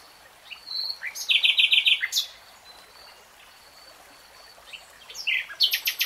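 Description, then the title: Nightingale song with a fast, rattling trill of repeated notes, brief whistles, a pause, then a new phrase of rapid notes. "[Tiếng chim hót] Nightingale Singing"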